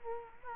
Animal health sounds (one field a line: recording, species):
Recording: mosquito wingbeat signal from an infrared sensor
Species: Culex quinquefasciatus